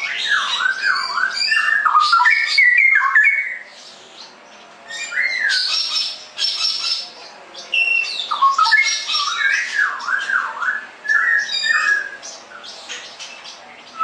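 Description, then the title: Straw-headed bulbul song, a loud, bubbling, looping warble repeated in bursts, with shrill high chattering notes mixed in. Short quieter gaps separate the bursts. Masteran song-tutoring recording for caged birds; described as clear quality, cucak rowo 'ropel gacor' song style. "mster Mnuk. Masteran Burung CUCAK ROWO Kualitas Jernih. Cucak Rowo Ropel Gacor"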